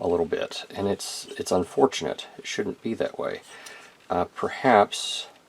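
Someone talks while handling the plastic leg of a toy robot action figure, pulling out a leg joint that seemed not to lock in place. The leg joint has not clicked or locked into place yet.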